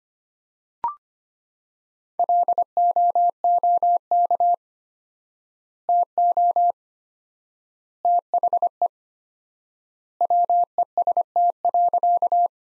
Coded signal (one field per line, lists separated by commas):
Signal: Morse code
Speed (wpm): 25 wpm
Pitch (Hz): 700 Hz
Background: none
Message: LOOK TO THE WEST.